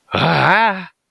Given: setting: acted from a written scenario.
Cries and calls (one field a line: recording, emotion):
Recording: vocal sound without words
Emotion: fear